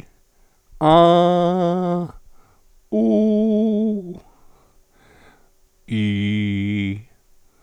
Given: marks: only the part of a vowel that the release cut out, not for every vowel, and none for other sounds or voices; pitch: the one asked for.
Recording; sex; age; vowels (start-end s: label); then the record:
sustained vowels; male; 70 to 79 years
0.90-1.90 s: vowel /a/, high pitch
2.97-3.88 s: vowel /u/, high pitch
5.97-6.83 s: vowel /i/, low pitch
From the record:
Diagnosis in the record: recurrent laryngeal nerve paralysis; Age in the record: 76 years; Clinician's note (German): Rechts, mit inkompletter Kompensation